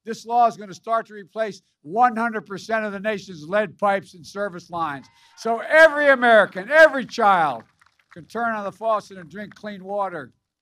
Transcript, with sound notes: This law is going to start to replace 100 percent of the nation’s lead pipes and service lines –- (applause) so every American, every child can turn on the faucet and drink clean water.